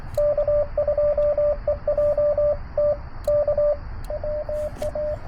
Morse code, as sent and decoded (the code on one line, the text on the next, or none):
-.- ..--- . .--- - / -.- / .-- .-
K2EJT K WA